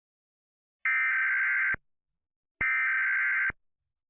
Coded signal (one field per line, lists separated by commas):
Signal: Emergency Alert System (SAME) tones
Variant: header bursts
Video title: EAS Scenario: Golden Honkai Weeping God (Reposted)